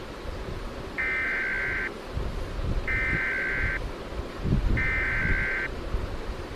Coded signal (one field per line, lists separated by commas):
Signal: Emergency Alert System (SAME) tones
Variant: header bursts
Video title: EAS Mini Scenario #10: NC Thunderstorm